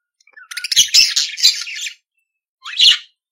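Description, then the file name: Budgerigar chatter: a dense burst of scratchy, buzzy chirps lasting about a second and a half, then a short pause and one more brief rising squeaky phrase. "Canto do periquito australiano"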